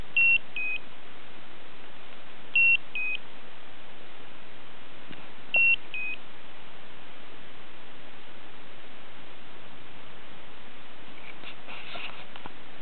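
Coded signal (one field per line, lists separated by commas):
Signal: beep code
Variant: Slendertone Men's Abs belt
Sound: three repeated pairs of short electronic beeps, each pair stepping slightly down in pitch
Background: quiet room hiss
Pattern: 2 short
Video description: Slendertone Mens Abs is annoying: the beep-bep sound doesn't have any logic or sense. It keeps going. It's not warning, no alert.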